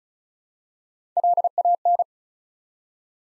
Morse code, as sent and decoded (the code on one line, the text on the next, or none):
.-.. .- -.
LAN